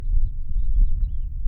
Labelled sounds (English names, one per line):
House Finch song